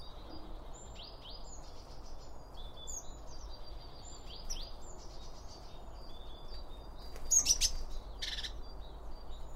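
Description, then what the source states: Birds calling: many thin, slurred whistled notes, with a couple of louder buzzy bursts near the end, over a steady low rumble. Birds recorded around a bird feeder, using two OM 1 microphones from Line Audio.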